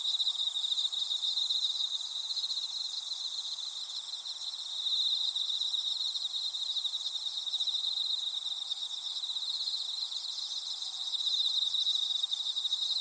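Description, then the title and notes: Insects chirring in a dense, unbroken chorus: a steady high trill overlaid with shimmering, pulsing higher buzzes that swell and ease slightly, with no other clear sounds. Insects calling from a grassy thicket. "草むらにいる虫の声"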